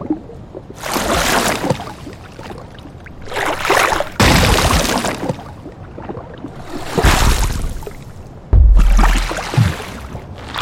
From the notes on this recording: This collection also contains moving water and transitional sounds, followed by impacts and splashes.